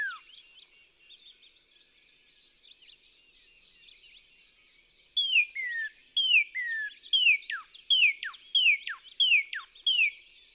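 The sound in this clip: Northern cardinal singing loud down-slurred whistles, then a quick series of steep, sharply falling notes.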